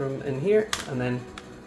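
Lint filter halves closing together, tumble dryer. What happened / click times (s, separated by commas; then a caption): The plastic filter is handled but not yet snapped shut / none. Someone talks while handling the folding plastic lint filter of a tumble dryer after the lint has been removed, with brief handling noises around 0.7 s and 1.4 s. The filter halves have not yet been closed together, so nothing has clicked or seated yet.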